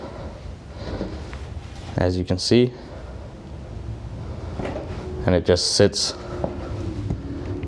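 A molded plastic stool seat is set back onto a detailing cart frame while someone talks. A sharp snap is heard at 6.4 seconds as the detachable seat drops into place. The seat ends up seated on the cart.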